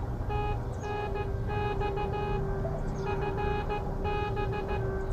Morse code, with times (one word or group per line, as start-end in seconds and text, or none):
0.3-2.4 TNX
3.1-4.8 FB